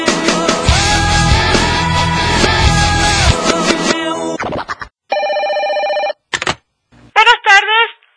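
A busy, music-like stretch gives way to a telephone ringing: a steady, buzzy electronic ring tone, followed by a brief burst and a warbling, pitch-wavering ring at the end.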